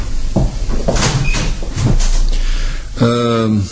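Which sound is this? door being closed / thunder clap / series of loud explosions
door being closed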